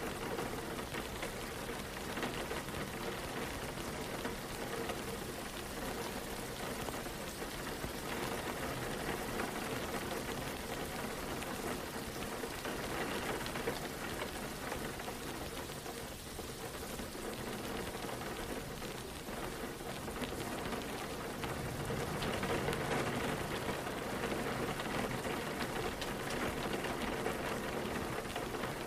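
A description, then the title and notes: Gentle rain falls steadily on autumn leaves, a dense, even patter of drops spread from low to bright with no pauses. The sound holds constant throughout, swelling slightly heavier and louder in the last several seconds. Gentle Rain Sound on Autumn Leaves. Autumn rain sounds creating a cozy autumn evening atmosphere.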